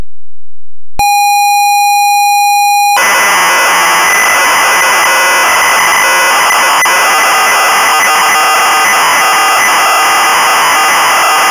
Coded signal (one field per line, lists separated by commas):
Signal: ZX Spectrum tape loading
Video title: The Great Escape (1984) - Sinclair ZX Spectrum (Full Tape Rip / Cassette Load)